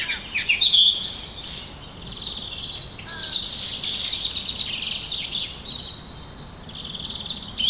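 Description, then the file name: Song thrush song, a dense run of bright high chirps and whistled phrases, several notes quickly repeated, with a faint hiss beneath. "Turdus philomelos - Song Trush"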